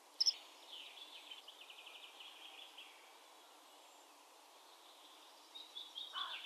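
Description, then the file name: Eurasian blackbird: a faint, quick run of short, scratchy repeated notes lasting about two seconds, with a sharp click near the start and further faint sounds at the end. "Turdus merula"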